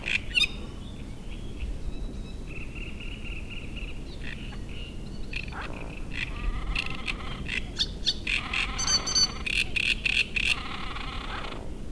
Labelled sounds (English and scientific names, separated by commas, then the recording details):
Great Reed Warbler (Acrocephalus arundinaceus)
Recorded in the wild
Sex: male
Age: adult
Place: Müggelsee, Berlin, DE
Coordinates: 52.43, 13.64
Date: 1991-06-07 19:25
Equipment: Uher 4400 Report Monitor, Sennheiser ME 80, K 30 AV
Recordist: Fischer, Stefan
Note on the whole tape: Bestand 23/24: Tier M 1635 - wohl nicht verpaart, Gesang, fliegt in nächsten Bestand